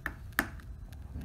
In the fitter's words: And hear it snap. It's at home.